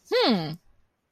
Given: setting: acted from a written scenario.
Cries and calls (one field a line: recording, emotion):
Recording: vocal sound without words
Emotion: interest